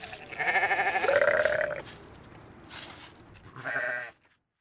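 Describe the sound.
Sheep bleating, a wavering drawn-out cry followed by a shorter second bleat after a pause.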